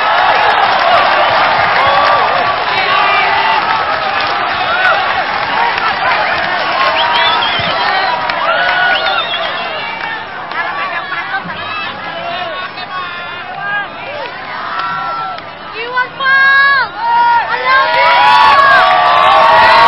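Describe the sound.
A large crowd cheers and applauds loudly and continuously, with many voices shouting and whooping over a dense wash of clapping that swells again near the end.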